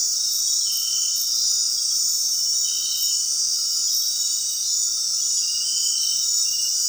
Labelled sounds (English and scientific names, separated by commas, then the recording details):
none
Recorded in dense forest near Puerto Asís, Putumayo, Colombia, on 20 February 2024 at 20:00
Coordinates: 0.466, -76.327
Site G6413